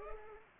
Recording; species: mosquito wingbeat signal from an infrared sensor; Culex pipiens